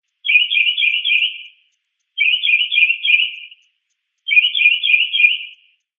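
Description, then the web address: Mockingbird calling in three bursts of rapid, buzzy chattering notes, each lasting over a second and separated by pauses of under a second. "SFXSource. Mocking Bird Call"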